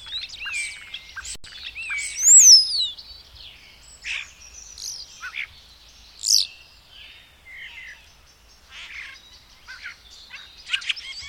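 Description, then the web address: Bird song of clear sweeping whistles and quick high chirps, with a few louder notes standing out among quieter twitters. "madarak enek"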